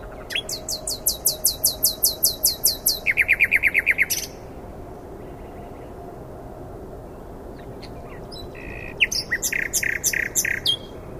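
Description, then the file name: Common nightingale singing a long phrase of high whistled notes in rapid series, dropping into a lower throbbing run, then a pause and a shorter chattering burst; faint low hum throughout. "Luscinia megarhynchos"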